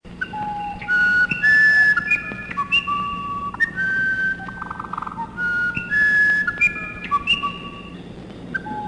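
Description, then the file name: Musician wren singing a flute-like phrase of sustained whistles that jump up and down in pitch, broken by brief rattling buzzes between notes. Brazil. "Uirapuru"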